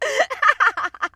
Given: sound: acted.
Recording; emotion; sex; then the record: nonverbal affect burst; happiness; female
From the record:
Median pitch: 430 Hz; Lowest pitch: 253 Hz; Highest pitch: 665 Hz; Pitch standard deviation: 106 Hz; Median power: 68.0 dB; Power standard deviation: 15.4 dB